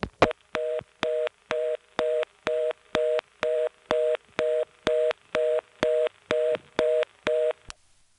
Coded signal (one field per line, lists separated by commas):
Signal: telephone call progress tone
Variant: North America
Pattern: reorder tone